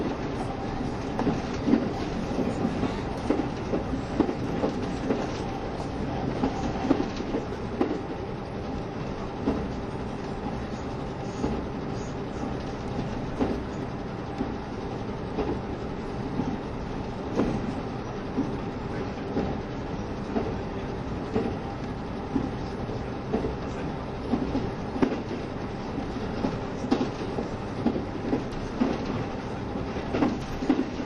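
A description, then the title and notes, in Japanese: Running sound from inside a KiHa 72 series Yufuin no Mori diesel train between Ukiha and Hakata. A steady low rumble and drone hold throughout, with a constant hum and frequent light clattering thuds scattered across the half minute, fairly even in loudness. 配信は、JR九州キハ72系 ゆふいんの森06号02 うきは～博多です。走行音。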